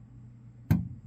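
A small Robertson screwdriver turns a 6-32 mounting screw on an electrical receptacle counterclockwise until its thread drops into the electrical box thread. Over a faint low hum, a single sharp click sounds at 0.7 s and fades over a short tail. The click is the thread dropping into engagement and making a clean connection, so the screw is seated.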